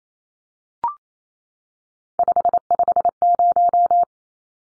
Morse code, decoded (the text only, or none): 550